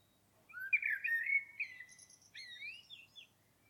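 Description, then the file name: Common blackbird song phrase, a low mellow whistled warble that breaks into thin, high scratchy twittering notes toward the end. "Turdus merula"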